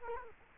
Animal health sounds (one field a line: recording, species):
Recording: mosquito wingbeat signal from an infrared sensor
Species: Culex quinquefasciatus